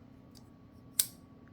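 A folding knife blade is closed into its handle and snaps into the detent with one crisp, sharp click at 1.0 s, confirming the blade has seated. Faint small ticks come at about 0.4 s and 1.5 s over a quiet background.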